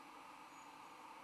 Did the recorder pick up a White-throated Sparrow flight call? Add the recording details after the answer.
no. No flight call is heard. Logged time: 22:41 on 20 December 2014